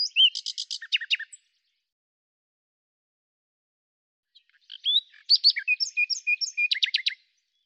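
Common nightingale singing two phrases separated by a pause: quick repeated clicks and chirps, then varied whistles ending in a fast stuttering series.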